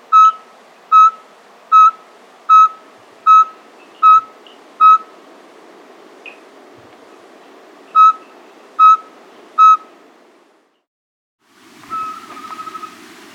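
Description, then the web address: Yungas pygmy owl calling a series of clear whistled toots at a steady pace, a pause, then three more, followed by a brief burst of hiss and a faint quavering note. Andean bird, South America. "Natures Songs S America Andean Birds. Yungas Pygmy-Owl (Glaucidium Bolivianum)"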